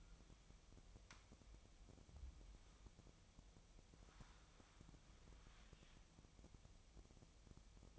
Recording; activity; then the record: daily activity, microphone in the room; wipe stove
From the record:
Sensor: 1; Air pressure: 1004.8 hPa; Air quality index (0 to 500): 86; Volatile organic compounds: 2 ppm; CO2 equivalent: 1172 ppm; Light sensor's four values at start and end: 9/22/9/9 and 9/22/9/9